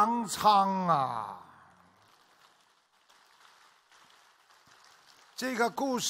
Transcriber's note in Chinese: 掌声